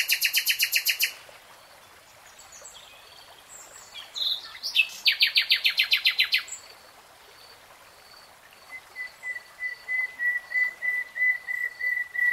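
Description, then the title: Nightingale song: high rapid trill, a pause, a loud buzzing rattle of repeated notes, then a slow series of steady whistles growing louder. Real-time recording. "[Tiếng chim hót] Nightingale Singing"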